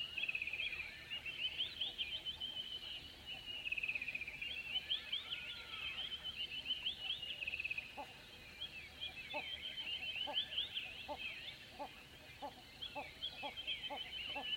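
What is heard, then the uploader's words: Dense, overlapping birdsong of an African dawn fills the scene, a steady bright chatter of many birds. From about eight seconds a regular series of short, lower calls repeats roughly every half second, like a hornbill, over a faint low rumble. Southern African dawn - diffuse birdsong with hornbills. A small collection of dawn recordings made in South Africa during Sonic Mmabolela, November 2016. Carried out once a year in the savannah environment of Mmabolela Reserve, Limpopo, South Africa. Recorded with 2x Sennheiser MKH8020 in a custom SASS enclosure onto a Zoom F8 recorder.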